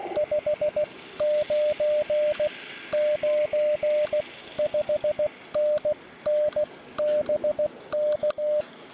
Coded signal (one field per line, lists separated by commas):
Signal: Morse code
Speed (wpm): 15 wpm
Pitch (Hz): 600 Hz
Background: radio noise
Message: 599 5NN BK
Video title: CQ出したら5連続応答！ QSBに負けるな！ 5交信ノーカット 河川敷 プチ移動運用 初心者 CW 43日目 (その2) 16WPM 2022/02/15 アマチュア無線 VLOG 53